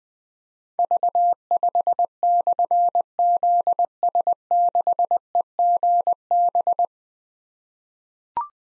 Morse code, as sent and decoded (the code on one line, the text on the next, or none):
...- ..... -..-. --.. ... -.... . --. -...
V5/ZS6EGB